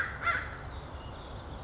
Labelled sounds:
American Crow
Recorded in Sonoma County, California

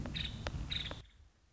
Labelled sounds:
Nuttall's Woodpecker
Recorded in Sonoma County, California

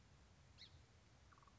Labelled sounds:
Song Sparrow
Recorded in Sonoma County, California

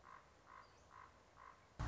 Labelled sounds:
Common Raven
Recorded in Sonoma County, California

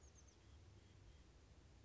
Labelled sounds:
Oak Titmouse
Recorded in Sonoma County, California

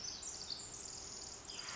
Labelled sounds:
Pacific Wren
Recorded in Sonoma County, California

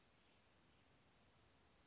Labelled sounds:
Oak Titmouse
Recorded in Sonoma County, California

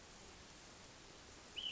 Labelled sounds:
Ash-throated Flycatcher
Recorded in Sonoma County, California

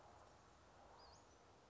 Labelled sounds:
Western Flycatcher
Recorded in Sonoma County, California

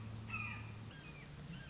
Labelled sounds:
Red-shouldered Hawk
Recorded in Sonoma County, California

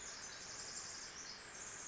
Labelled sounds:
Pacific Wren
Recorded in Sonoma County, California

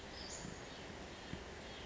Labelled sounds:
Western Flycatcher
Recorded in Sonoma County, California

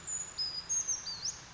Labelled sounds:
Brown Creeper
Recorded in Sonoma County, California

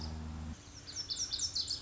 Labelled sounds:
Lazuli Bunting
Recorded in Sonoma County, California

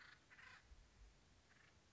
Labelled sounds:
Acorn Woodpecker
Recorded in Sonoma County, California

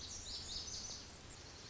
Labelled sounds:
Lazuli Bunting
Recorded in Sonoma County, California

